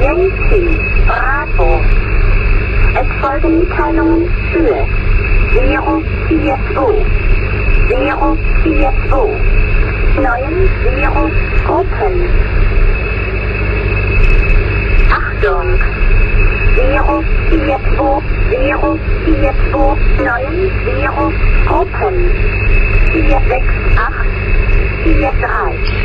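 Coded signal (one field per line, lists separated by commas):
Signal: numbers station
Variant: G16, German synthetic voice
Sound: synthetic German voice reading announcement and digit groups over radio hiss and steady tone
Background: radio static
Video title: Zahlensender/Number Station "G16" ("Yankee Bravo") (BRD/FRG) (BND) (11/1988 - 06/1999)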